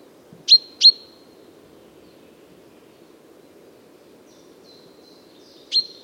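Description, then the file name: Common chaffinch: two abrupt bright call notes close together, a long pause with faint thin sounds, then one more note, over low steady hum. "Fringilla coelebs"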